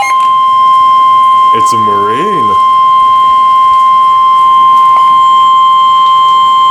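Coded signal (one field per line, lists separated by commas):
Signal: Emergency Alert System (SAME) tones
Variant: 1050 Hz attention tone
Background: speech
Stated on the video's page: Special marine warning captured from NOAA Weather Radio station KWO39.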